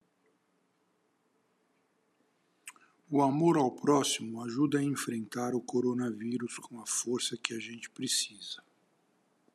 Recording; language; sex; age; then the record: spoken sentence; Brazilian Portuguese; male; 60 to 69 years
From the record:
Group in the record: control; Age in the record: 65 years